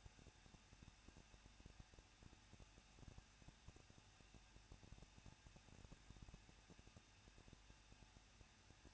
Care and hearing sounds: daily activity, microphone in the room; no activity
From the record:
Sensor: 2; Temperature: 21.0 degrees Celsius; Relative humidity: 37.4%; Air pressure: 1006.2 hPa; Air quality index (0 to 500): 221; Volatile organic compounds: 24 ppm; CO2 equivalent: 2800 ppm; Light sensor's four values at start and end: 2/3/2/2 and 2/3/2/2

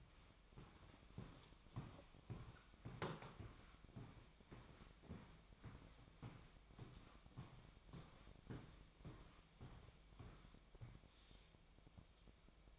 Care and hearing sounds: daily activity, microphone in the room; walk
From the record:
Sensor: 1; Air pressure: 1001.6 hPa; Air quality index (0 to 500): 222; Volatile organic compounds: 30 ppm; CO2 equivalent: 2958 ppm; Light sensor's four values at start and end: 9/33/11/13 and 9/32/11/13

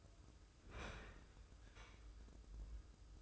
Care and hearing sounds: daily activity, microphone in the room; open fridge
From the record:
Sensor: 2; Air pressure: 995.1 hPa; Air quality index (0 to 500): 66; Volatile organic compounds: 2 ppm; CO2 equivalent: 1138 ppm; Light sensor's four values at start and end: 18/55/22/21 and 18/56/22/21

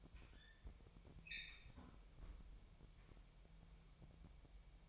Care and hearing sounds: daily activity, microphone in the room; close fridge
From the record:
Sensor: 1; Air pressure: 1002.0 hPa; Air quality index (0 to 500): 243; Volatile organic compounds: 49 ppm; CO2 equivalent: 3282 ppm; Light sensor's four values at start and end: 8/28/10/11 and 8/28/10/11

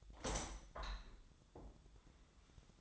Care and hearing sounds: daily activity, microphone in the room; open window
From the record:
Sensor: 3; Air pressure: 1004.6 hPa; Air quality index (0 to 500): 92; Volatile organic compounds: 3 ppm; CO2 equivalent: 1423 ppm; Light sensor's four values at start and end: 7/16/6/6 and 7/16/6/6

